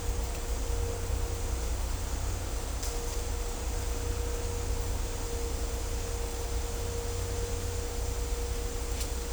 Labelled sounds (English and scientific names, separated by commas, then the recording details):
none
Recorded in dense forest near Puerto Asís, Putumayo, Colombia, on 16 December 2024 at 16:00
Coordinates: 0.503, -76.323
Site G043